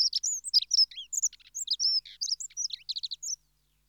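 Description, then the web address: Dunnock delivers a hurried, tinkling song phrase of high squeaky notes, then falls silent. "The BBC Sound Effects Library. Dunnock (Prunella Modularis)"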